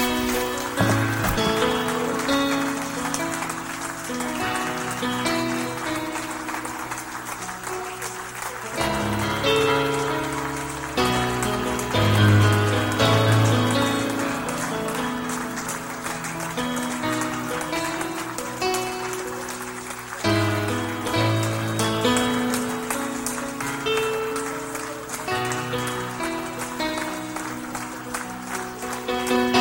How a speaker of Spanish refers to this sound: ¿Por qué no le damos unas palmas a Jesús, hermano? Que salgan desde nuestro corazón.